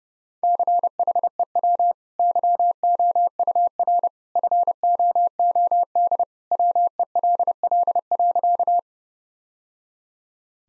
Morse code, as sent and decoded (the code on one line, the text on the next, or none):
-.-. .... . .-- / -.-- --- ..- .-. / ..-. --- --- -.. / .-- . .-.. .-.. .-.-.-
CHEW YOUR FOOD WELL.